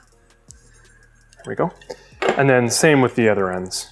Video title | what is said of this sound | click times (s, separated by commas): Cetus MK3 3D Printer Unboxing and Review | it should just snap right in there we go | 0.5 s